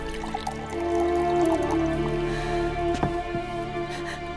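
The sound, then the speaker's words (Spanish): Water is poured steadily into a glass for someone to drink, a continuous trickling burble with a faint ringing tone, broken by a couple of sharp drips or clinks near the end. No one speaks. “Calma, calma. Toma un poco de agua.”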